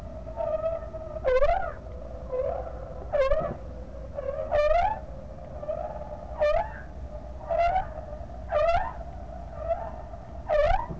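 Whale calls: a loud series of harmonic upswept whoops, each dipping then rising, repeated roughly once a second, with softer overlapping calls and a steady tone beneath.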